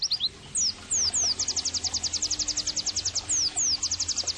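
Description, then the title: White-eye song opening with falling slurred whistles, then a brisk high trill of repeated chips, with more descending whistles near the end. Vigorously singing ('gacor') white-eye offered as bird-training (masteran) and therapy audio. "Pleci Gacor 05. terapi pleci dextro 87 plus masteran kenari sahdu"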